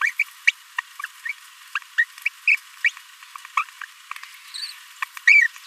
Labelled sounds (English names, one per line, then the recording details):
Green-rumped Parrotlet babbling
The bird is a male
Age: 26 days
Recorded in a nest box in Venezuela
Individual 17B42A3